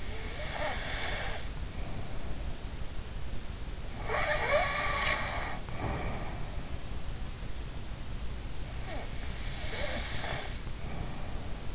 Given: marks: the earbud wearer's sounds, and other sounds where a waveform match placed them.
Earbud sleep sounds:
sounds in sleep by an in-ear microphone; snoring breath
0.00-2.65 s: snoring breath
3.95-6.98 s: snoring breath
8.77-11.75 s: snoring breath

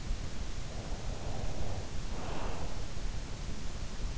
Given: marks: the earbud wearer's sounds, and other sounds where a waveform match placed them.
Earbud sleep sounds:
sounds in sleep by an in-ear microphone; breath
0.85-3.02 s: breath

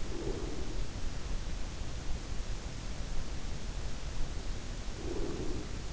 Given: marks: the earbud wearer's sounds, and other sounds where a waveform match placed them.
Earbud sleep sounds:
sounds in sleep by an in-ear microphone; breath
0.00-1.09 s: breath
4.52-5.88 s: breath

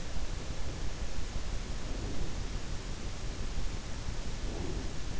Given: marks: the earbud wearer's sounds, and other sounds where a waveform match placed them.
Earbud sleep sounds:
sounds in sleep by an in-ear microphone; breath
1.66-2.51 s: breath
4.32-4.91 s: breath

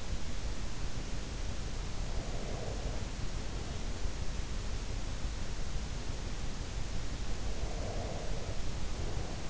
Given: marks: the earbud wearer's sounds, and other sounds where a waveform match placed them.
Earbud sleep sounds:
sounds in sleep by an in-ear microphone; breath
2.00-3.99 s: breath
7.26-9.50 s: breath

